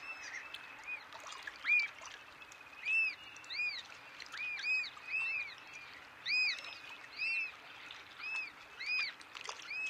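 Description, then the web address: Black oystercatcher giving sharp whistled notes, repeated at irregular intervals over steady background noise. Common western North American species. "Know Your Bird Sounds Common Western Species. Black Oystercatcher"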